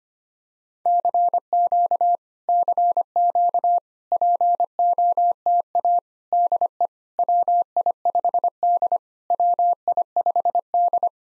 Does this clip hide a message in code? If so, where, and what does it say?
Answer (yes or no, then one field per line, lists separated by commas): yes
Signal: Morse code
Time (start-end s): 0.9-11.1 s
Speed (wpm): 25 wpm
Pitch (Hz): 700 Hz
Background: none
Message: CQ CQ POTA DE WI5D WI5D